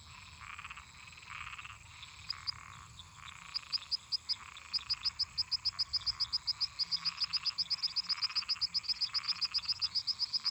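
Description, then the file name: Crickets singing with frogs and toads: a dense rasping chorus, joined by rapid, evenly spaced high chirps that become steady after a few seconds. Crickets singing constantly together with toads and frogs. "Grilos cantando constantemente em conjunto com sapos e ras"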